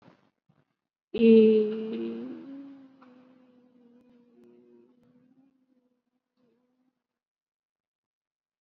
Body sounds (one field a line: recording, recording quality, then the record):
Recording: sustained vowel as in beet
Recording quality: excellent, no background noise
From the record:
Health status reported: COVID-19 positive, mild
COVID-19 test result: positive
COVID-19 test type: RT-PCR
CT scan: not taken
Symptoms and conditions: fatigue, muscle pain, hypertension, diabetes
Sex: female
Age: 67 years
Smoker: no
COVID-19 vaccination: none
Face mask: not worn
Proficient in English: no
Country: India